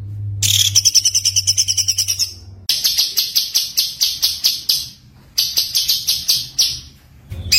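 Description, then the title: White-eye song: fast, high twittering phrases with rapid pulsed notes, repeated in bursts separated by short pauses, with a low steady hum underneath. Continuous singing (gacor) with full shooting song (tembakan), used as masteran for tutoring other songbirds. "Masteran Burung Pleci Gacor Full Tembakan"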